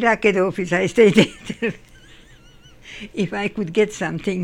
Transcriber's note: laughs